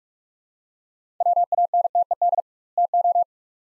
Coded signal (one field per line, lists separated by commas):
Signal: Morse code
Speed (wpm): 46 wpm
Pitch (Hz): 700 Hz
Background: none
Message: WANTED TO